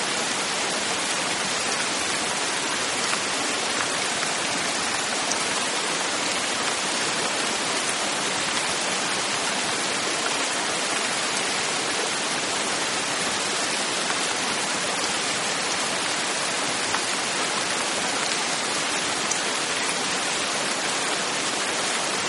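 Steady, dense rain hisses without pause, bright and close, its level holding constant throughout with no sudden bursts or swells.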